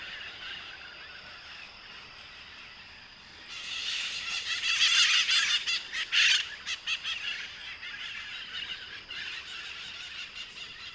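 Bird sounds: a quieter opening, then noisy, grating squawks with quick repeated notes, becoming quieter toward the end.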